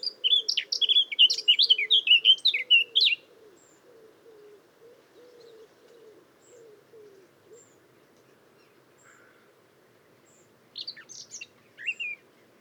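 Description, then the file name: Eurasian blackcap singing a fast chattering warble for three seconds, then quiet, with brief chirps returning near the end. "Sylvia atricapilla"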